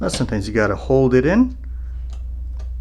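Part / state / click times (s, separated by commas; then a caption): film back cover latch on medium format camera magazine / seated / 2.6 s. Someone talks while holding the release button in and pressing the handle up on the film back cover of a Mamiya 645 medium format film camera's magazine. A faint tick comes at 2.1 s, then a click at 2.6 s as the cover latches shut and is confirmed closed.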